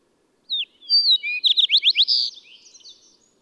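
Bird song: a brief high whistled phrase, then a rapid run of bright notes and a fading twittered ending, on a silent background.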